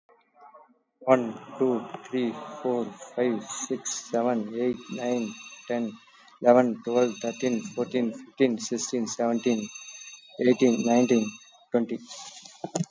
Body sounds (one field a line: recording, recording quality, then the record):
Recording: counting at a fast pace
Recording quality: excellent, no background noise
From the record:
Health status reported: exposed to COVID-19, no respiratory illness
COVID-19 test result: negative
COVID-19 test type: RT-PCR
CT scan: taken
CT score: 2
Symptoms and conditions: cough, cold, diabetes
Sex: male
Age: 46 years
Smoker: no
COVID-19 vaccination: one dose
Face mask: worn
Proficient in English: yes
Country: India